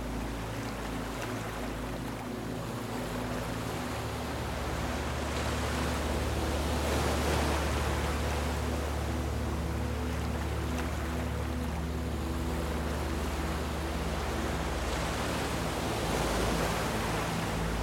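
Soft waves wash in a steady hiss, swelling brighter around the seventh, eleventh and sixteenth seconds. Beneath them, low sustained tones hold a calm drone that deepens a little after the fourth second and stays level to the end.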